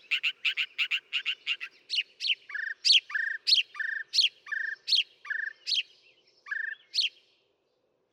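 Northern mockingbird song: a quick run of chattering chips, then a two-part phrase, a high note and a lower slurred note, repeated several times.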